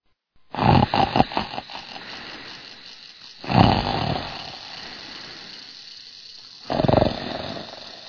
Man Snores.